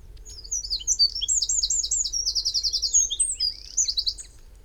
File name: Troglodytes troglodytes